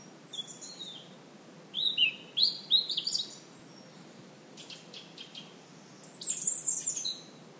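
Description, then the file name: European robin singing a series of short, high, sliding and trilled phrases in several bursts with short pauses between them. "Erithacus rubecula"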